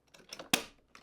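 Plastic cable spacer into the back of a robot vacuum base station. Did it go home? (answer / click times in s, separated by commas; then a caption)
yes / 0.5 s. A plastic cable spacer is lined up and pushed into the back of a SwitchBot K10+ Pro robot vacuum base station. A few soft plastic rattles and scrapes come before one loud, sharp snap at 0.5 s as it clips in, followed by a faint tap near the end. The spacer is seated.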